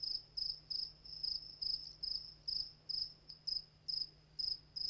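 Cricket song of clipped, high pulsed chirps at a regular pace of two to three per second, with a faint steady hum behind.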